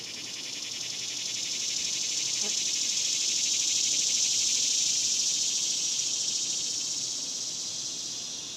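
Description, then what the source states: Cicadas buzzing in a sustained high-pitched drone that swells and eases, with one brief faint click midway. Daytime cicadas recorded outdoors in a cemetery in summer.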